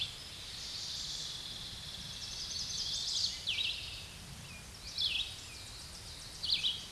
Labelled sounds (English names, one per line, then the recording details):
Red-eyed Vireo song
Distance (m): 35 m
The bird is about 20 m above the microphone
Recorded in a Pennsylvania forest on 16 May 2024 at 07:23
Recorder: AudioMoth, point MSD-1338
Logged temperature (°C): 12.6 °C
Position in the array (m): 115 m, 69 m